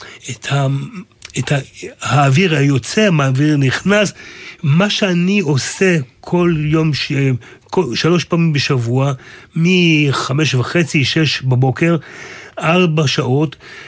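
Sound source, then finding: Adult male speaker. Aphasia.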